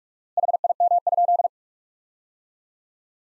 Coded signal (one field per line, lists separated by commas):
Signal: Morse code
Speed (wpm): 46 wpm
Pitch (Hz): 700 Hz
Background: none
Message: HIM?